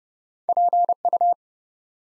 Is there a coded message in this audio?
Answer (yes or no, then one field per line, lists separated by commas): yes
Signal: Morse code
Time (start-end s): 0.5-1.3 s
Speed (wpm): 30 wpm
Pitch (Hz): 700 Hz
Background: none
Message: PU